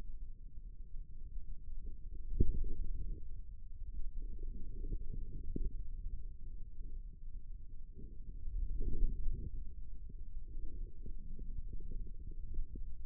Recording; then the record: forearm muscle sounds (acoustic myography)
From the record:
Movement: radial deviation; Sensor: system 2, bracelet of six BSWA MPA416 microphones around the upper forearm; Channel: 4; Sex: female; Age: 25 years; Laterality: right